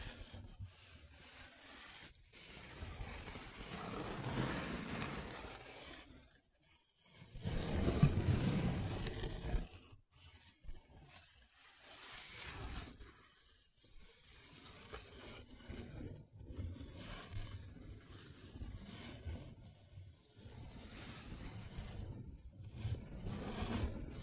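Paper being rubbed and scratched in uneven bursts of rough, low scraping, with a louder swell near eight seconds and brief quiet gaps.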